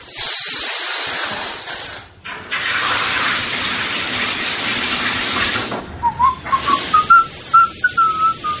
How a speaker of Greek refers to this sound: Και λίγο πριν κλείσουμε, πάμε πάλι στην ντουζιέρα του Άδωνη να ακούσουμε τι τραγουδάει αυτή την ώρα.